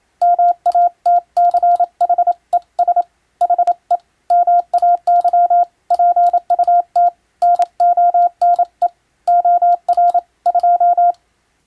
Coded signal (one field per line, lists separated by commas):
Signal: Morse code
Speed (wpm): 27 wpm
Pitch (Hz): 700 Hz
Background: none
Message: MATCHES HE MAY PUT NONE OR 2